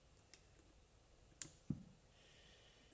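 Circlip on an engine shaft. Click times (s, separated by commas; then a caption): 1.4 s. A metal circlip is pushed onto a shaft of a pit bike engine being reassembled. After a faint tick at 0.3 s, a sharp bright click at 1.4 s marks the circlip snapping into its groove, followed by a duller low knock at about 1.7 s. The clip is confirmed fully seated and is then turned to check that it is in.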